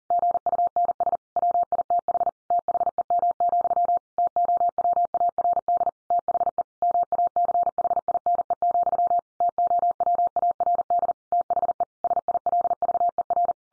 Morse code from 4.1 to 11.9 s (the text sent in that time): TOWARD THE MACHINE, TOWARD THE